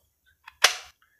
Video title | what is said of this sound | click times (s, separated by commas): Review Nailer gun NRT PRO 5057 HD -- paku tembak 2 in 1 | dan ini sudah mengunci | 0.7 s